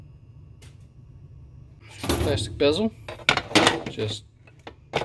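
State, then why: Not seated. A plastic front bezel is being put back onto an Advantech UTC 315 small industrial computer while someone talks, with several short plastic knocks and taps of handling. The clip ends before the bezel is pressed down, so nothing has seated or clicked yet.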